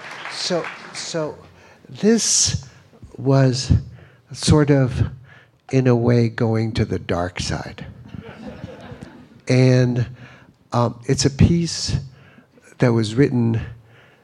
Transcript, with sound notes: So this was sort of, in a way, going to the dark side.
(LAUGHTER)
And it's a piece that was written